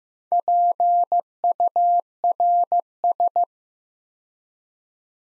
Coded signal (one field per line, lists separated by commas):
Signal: Morse code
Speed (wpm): 15 wpm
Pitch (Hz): 700 Hz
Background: none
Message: PURS